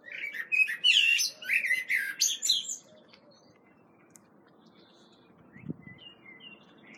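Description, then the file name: Common blackbird gives a lively warbled phrase with high squeaky flourishes over the first three seconds, then near silence with a few faint notes. "Turdus merula"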